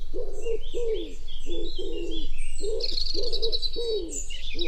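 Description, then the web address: Common wood pigeon giving a series of low, soft coos while other small birds chirp and trill brightly. "cianscape. Deverinetal. Bird Only"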